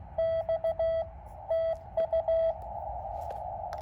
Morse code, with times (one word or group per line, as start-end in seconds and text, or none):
0.2-1.0 X
1.5-2.5 TU